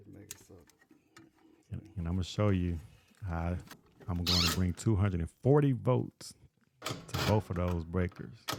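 A circuit breaker for an electric heat kit is pushed onto its plastic/metal mounting plate and snaps into place with a sharp click at 0.3 s, followed by a few faint ticks. The breaker is seated, and someone then talks.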